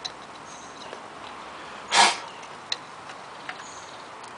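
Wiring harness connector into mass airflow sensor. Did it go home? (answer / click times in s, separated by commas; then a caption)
yes / 2.7 s. A plastic electrical connector on the wiring harness is pushed back onto the mass airflow sensor on the intake pipe, with a broad rustling burst around 2.0 s. A sharp click at 2.7 s marks the connector seating, followed by a softer tick at 3.5 s. The connector is confirmed clicked in.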